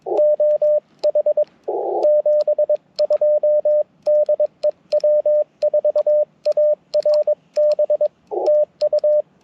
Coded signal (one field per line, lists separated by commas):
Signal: Morse code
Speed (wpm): 22 wpm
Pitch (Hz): 600 Hz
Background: radio noise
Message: OH 72 DE W4ARB TU